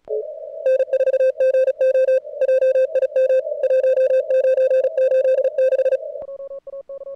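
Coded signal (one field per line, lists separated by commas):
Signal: Morse code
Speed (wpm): 36 wpm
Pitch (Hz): 3700 Hz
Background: none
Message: N4GO JIM 1986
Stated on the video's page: CWops CWT contest at 550 Hz, search-and-pounce moving into running.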